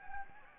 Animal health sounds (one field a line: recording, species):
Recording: mosquito wingbeat signal from an infrared sensor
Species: Anopheles gambiae